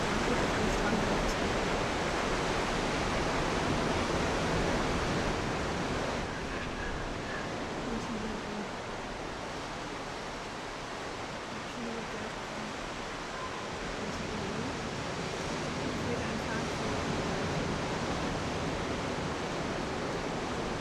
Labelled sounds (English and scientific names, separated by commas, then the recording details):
Arctic Fox (Vulpes lagopus)
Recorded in the wild
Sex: diverse
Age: diverse
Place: Insel Mednyi, Kommandeur-Inseln, RU
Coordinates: 54.5167, 168.083
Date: 1999-07-21 16:33
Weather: oberhalb 100 m Nebel, 10,4°C, Ostwind
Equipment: Sony WM-D6C, Sennheiser MKH 70, Windkorb, Kopie Tascam DA 30
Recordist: Frommolt, Karl-Heinz